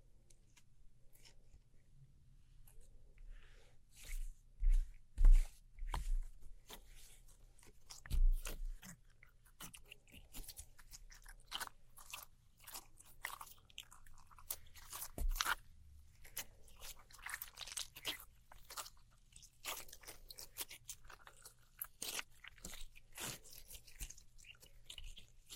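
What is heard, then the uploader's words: Glow sticks, slime, sticky tape and scissors make a dense run of sharp crackles, crunches and squishy pops, coming in quick irregular bursts throughout. A few heavier thumps land around five and eight seconds, and a steady low hum runs underneath. ASMR Neon Triggers（no Talking）. Glow Sticks, Slime, Sticky Tape, Scissors.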